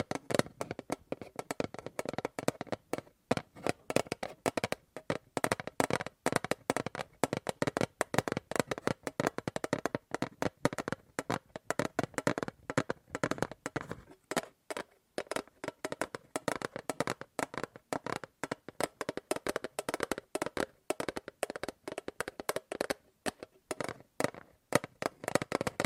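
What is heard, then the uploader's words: Tapping on objects in dense, rapid bursts of sharp clicks and knocks, with brief pauses, continuing unevenly throughout with only short gaps. ASMR Fast & Slow Tapping on 6 Objects No Talking.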